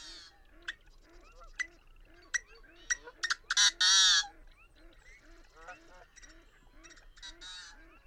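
Bird calls: a steady run of low, nasal, honking notes about four per second, with sharper high chirps and a loud harsh rasping burst near the middle.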